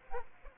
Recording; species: mosquito wingbeat signal from an infrared sensor; Aedes aegypti